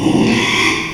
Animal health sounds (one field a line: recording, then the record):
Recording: squeal of a Yucatan mini pig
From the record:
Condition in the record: after surgery on the right vocal fold (resection and tissue-engineered implant)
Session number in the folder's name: 1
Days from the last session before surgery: 6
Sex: male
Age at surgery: 12 weeks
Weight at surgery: 13 kg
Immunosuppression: cyclosporine, prednisolone